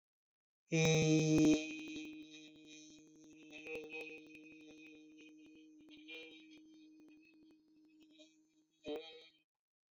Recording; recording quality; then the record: sustained vowel as in beet; excellent, no background noise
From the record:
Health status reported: healthy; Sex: male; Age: 28 years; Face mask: not worn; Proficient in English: yes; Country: India